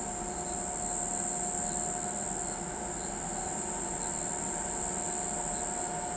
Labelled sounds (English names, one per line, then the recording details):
none
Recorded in pastures near Pivijay, Magdalena, Colombia, on 13 April 2023 at 05:00
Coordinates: 10.456, -74.369
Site P6-G026